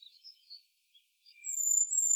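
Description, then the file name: Great tit giving a sustained high, thin whistle in the last second, preceded by soft, scattered twittering notes. "Parus major"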